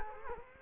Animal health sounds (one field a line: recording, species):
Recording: mosquito wingbeat signal from an infrared sensor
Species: Culex quinquefasciatus